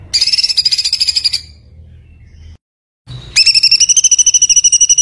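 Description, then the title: White-eye giving loud, high, whistled trills: a fast level run, silence, then a phrase that rises and then holds steady, with rapid pulses. Masteran (tutor recording) of a gacor, continuously singing white-eye, with full tembakan bursts. "Masteran Burung Pleci Gacor Full Tembakan"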